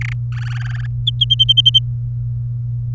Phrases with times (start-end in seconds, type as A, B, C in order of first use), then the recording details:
0.01-0.13 A, 0.32-0.86 B. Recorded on 23 April 2018 at 17:30. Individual llb3